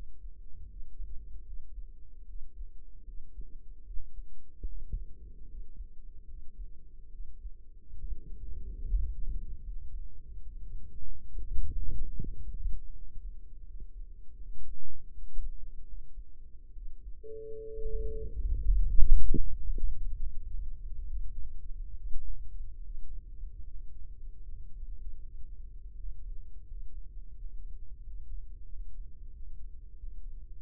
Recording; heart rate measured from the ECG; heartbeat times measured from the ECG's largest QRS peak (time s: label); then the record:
heart sounds by microphone in the right ear; 76 bpm
0.66 s: heartbeat
1.42 s: heartbeat
2.24 s: heartbeat
3.03 s: heartbeat
3.82 s: heartbeat
4.64 s: heartbeat
5.45 s: heartbeat
6.25 s: heartbeat
7.08 s: heartbeat
7.97 s: heartbeat
8.85 s: heartbeat
9.60 s: heartbeat
10.41 s: heartbeat
11.29 s: heartbeat
12.14 s: heartbeat
12.90 s: heartbeat
13.62 s: heartbeat
14.35 s: heartbeat
15.09 s: heartbeat
15.84 s: heartbeat
16.72 s: heartbeat
17.69 s: heartbeat
18.61 s: heartbeat
19.34 s: heartbeat
20.16 s: heartbeat
21.05 s: heartbeat
21.94 s: heartbeat
22.80 s: heartbeat
23.62 s: heartbeat
24.41 s: heartbeat
25.18 s: heartbeat
25.93 s: heartbeat
26.64 s: heartbeat
27.33 s: heartbeat
28.02 s: heartbeat
28.67 s: heartbeat
29.32 s: heartbeat
29.95 s: heartbeat
30.60 s: heartbeat
From the record:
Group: healthy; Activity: rest 0-20 s, breath hold 20-31 s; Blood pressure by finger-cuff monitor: 153/93 mmHg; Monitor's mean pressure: 113 mmHg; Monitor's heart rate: 75 bpm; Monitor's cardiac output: 5.6 L/min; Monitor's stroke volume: 76 mL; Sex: male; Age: 35 years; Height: 178 cm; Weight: 64 kg